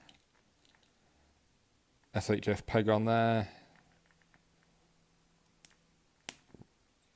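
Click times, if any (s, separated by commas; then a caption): 6.3 s. Someone talks briefly while a swappable plastic hand is pushed onto the standard S.H.Figuarts ball peg at the wrist of a Spike Spiegel action figure. After faint handling ticks, the hand seats with one sharp, solid click at 6.3 seconds.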